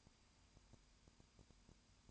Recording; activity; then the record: daily activity, microphone in the room; no activity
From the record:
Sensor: 2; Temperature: 20.8 degrees Celsius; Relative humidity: 38.3%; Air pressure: 1010.4 hPa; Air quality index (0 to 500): 200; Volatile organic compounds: 19 ppm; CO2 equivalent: 2641 ppm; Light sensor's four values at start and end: 2/3/2/2 and 2/3/2/2